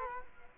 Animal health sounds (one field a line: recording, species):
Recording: mosquito wingbeat signal from an infrared sensor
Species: Culex quinquefasciatus